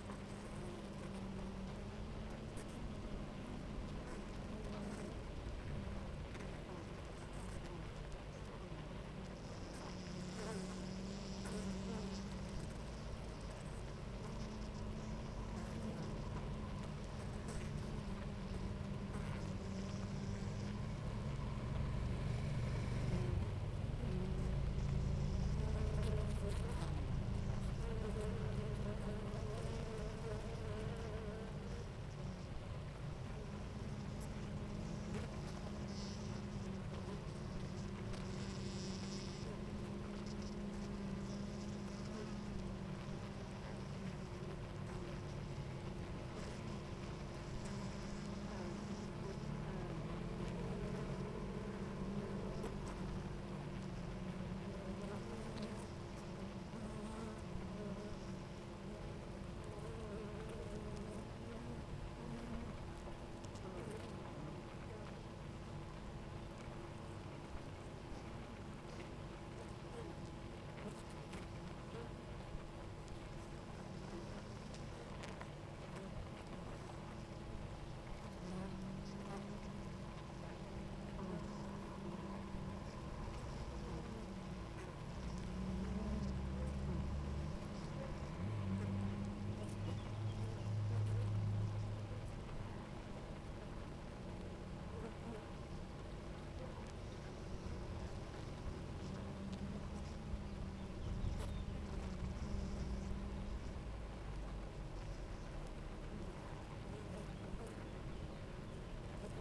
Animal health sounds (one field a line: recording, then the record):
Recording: honeybee colony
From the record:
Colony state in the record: active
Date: 28 July 2017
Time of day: 9:46